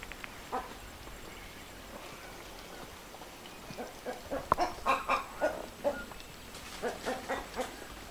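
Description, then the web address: Boat-billed heron giving a short run of hoarse, croaking notes, several in quick succession after a quiet start, over soft background hiss. Recorded in Ecuador. "Natures Songs S America Birds of Ecuador. Boat-billed Heron"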